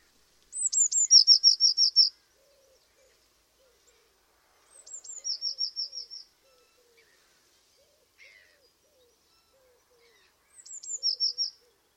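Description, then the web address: Bird calling three times. Each phrase opens with high descending whistles and ends in a quick trill of several notes. Faint low chirps sound between phrases. "cianscape. Deverinetal. Bird Only"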